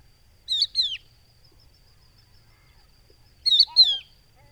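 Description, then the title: Crested lark call, a plaintive two-note whistle sliding downward, given twice about three seconds apart against near silence. Adult calling to others, hidden in Camargue salt-marsh at Étang du Vaccarès, 5 September 2020, about an hour after sunrise; whistled, plaintive call; Nagra Seven with Telinga Pro7. "COCHEVIS DU VACCARES"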